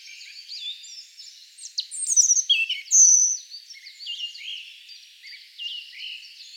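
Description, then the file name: European robin song with high, sweet warbled notes and a bright whistled flourish, mixed with quieter thin trills throughout. "Erithacus rubecula"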